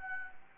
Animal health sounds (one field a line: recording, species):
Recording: mosquito wingbeat signal from an infrared sensor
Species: Anopheles arabiensis